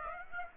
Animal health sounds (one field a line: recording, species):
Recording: mosquito wingbeat signal from an infrared sensor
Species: Aedes aegypti